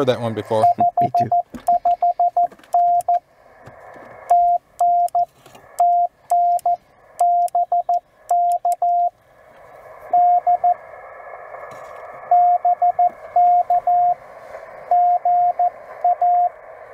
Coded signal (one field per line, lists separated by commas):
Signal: Morse code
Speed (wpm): 14 wpm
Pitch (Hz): 710 Hz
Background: speech, radio noise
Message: 55N TN TN BK D BK GA